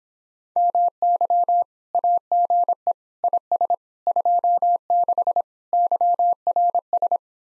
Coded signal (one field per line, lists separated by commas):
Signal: Morse code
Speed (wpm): 26 wpm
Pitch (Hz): 700 Hz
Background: none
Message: MY AGE IS 26 YRS